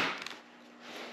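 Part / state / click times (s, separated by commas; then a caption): chin bar of modular helmet into its shell latch / seated / 0.2 s, 0.3 s. The flip-up chin bar of an ILM Bluetooth modular motorcycle helmet is forcefully slammed down into its shell so the plastic latch engages, giving a sharp double click at 0.2 s and 0.3 s over a steady hiss. The chin bar latches, but only when slammed; after three to four months of use it otherwise sticks just before the latch.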